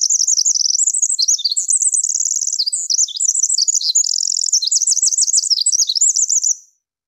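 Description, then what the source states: Winter wren song, a long run of very high, rapid warbles, buzzy trills and twittering notes pouring out almost without pause for over six seconds. Song played at normal speed.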